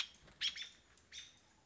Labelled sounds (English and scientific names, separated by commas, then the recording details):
American Robin (Turdus migratorius)
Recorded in Sonoma County, California